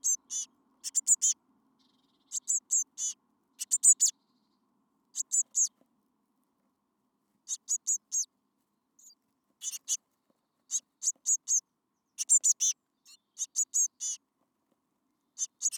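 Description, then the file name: Eurasian blue tit calls, repeated high thin notes in small groups throughout, with short pauses between groups. "Cyanistes caeruleus"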